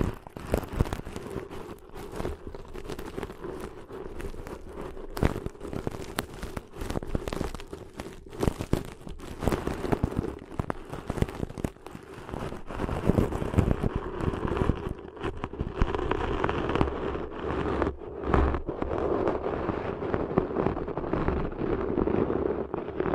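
Intense ear cleaning sounds: dense, rapid crackling and scratching with a low rumbling thud, steady throughout, growing slightly duller after fifteen seconds.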